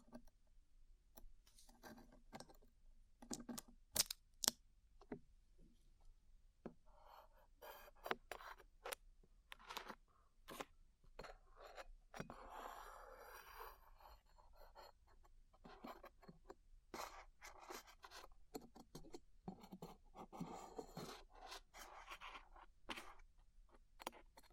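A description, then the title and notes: Glue being peeled off, heard as sticky crackles and sharp little pops scattered throughout, some in quick bursts near the fourth second. Soft rubbing and scraping swells in between, thickest around the middle and again near the end, over a faint low hum. ASMR Peeling Glue Off Your Ears (No Talking).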